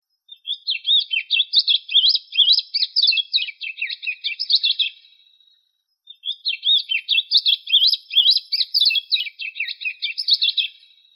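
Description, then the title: Bird song: two bursts of fast, high warbling twitters, each lasting about five seconds, separated by a short pause, with no other clear sounds. "LuckyPassaros CompletosSama"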